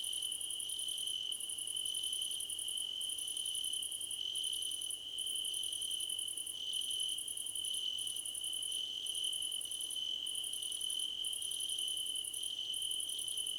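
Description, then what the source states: Crickets chirping in chorus: a steady high ringing tone underneath, with even higher pulsed trills that come in bursts of about a second and stop briefly in between. Crickets in a choir competition.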